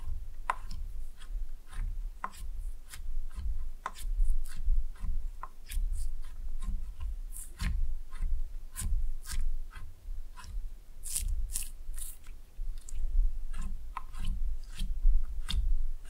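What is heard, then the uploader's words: Slime being squeezed and played with makes a steady run of wet clicks and squelches, several per second and uneven, with some bright crisp pops standing out. A low rumble runs underneath throughout, and the level rises and falls with the handling. ASMR Fun with Slime No Talking.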